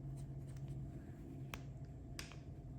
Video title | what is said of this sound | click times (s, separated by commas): LEFT HANDED Crochet Axolotl Tutorial for Beginners, Step by Step Tutorial | you just have to push the backs on it kind of makes a clicking noise when you know it's on | 1.5 s, 2.2 s